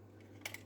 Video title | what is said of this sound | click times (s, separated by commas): Upgrade SAS SSD Drive Home Server and Home PC , Raid configuration HP Z 820 Workstation | and that one locks in place and then you just go | 0.5 s